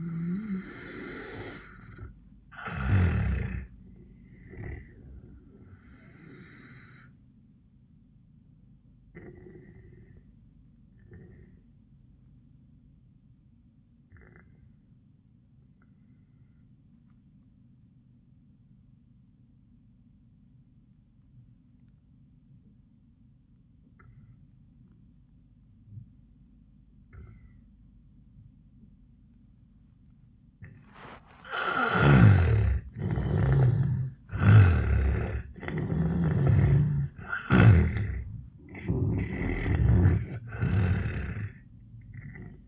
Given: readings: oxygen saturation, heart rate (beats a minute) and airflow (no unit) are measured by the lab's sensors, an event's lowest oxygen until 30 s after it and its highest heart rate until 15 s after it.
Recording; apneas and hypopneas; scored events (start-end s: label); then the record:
breathing in sleep by a smartphone at the bedside; 1
7.00-31.80 s: obstructive apnea (N1, oxygen 97% highest, then 80% lowest, heart rate 97 at the start, 97 highest)
From the record:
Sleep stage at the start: N1 (lightest sleep); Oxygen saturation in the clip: 78 to 97%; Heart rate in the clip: 69 to 97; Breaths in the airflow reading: 4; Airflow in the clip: -17.6 to 13.5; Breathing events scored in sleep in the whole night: 400 in 8.7 hours asleep